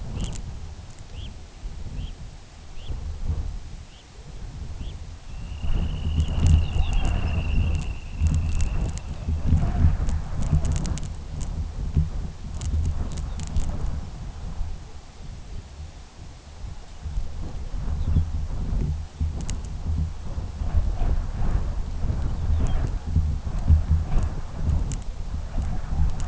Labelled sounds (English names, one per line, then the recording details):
Red Phalarope
Dunlin
unidentified sound
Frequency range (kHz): Red Phalarope 1.6-4.7 kHz; Dunlin 1.8-3.8 kHz
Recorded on Arctic tundra, site UTQI-2, on 17 June 2019
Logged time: 06:00